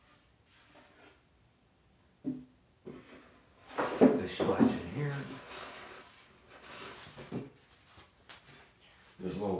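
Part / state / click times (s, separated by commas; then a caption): locking pin on a fold-down router table of a workbench / seated / 8.3 s. A fold-down router table on a workbench is moved into position while someone talks, with scraping and handling sounds through the middle of the clip. At 8.3 s a short, sharp click is heard as the small locking pin catches the table, keeping it from falling down and locking it in place.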